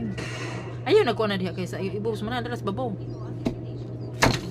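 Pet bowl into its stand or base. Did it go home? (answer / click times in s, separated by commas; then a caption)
yes / 4.2 s. A plastic pet food bowl or feeder is pressed into its stand or base while being unboxed. A woman talks throughout, and there is a faint sharp tick at 3.5 s. A loud sharp snap at 4.2 s marks the bowl locking in, so it no longer tips over.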